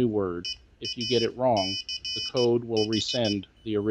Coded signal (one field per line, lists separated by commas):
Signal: Morse code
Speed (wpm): 15 wpm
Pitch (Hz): 3000 Hz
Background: speech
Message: EACH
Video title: Arduino Morse Code Practice Oscillator and Trainer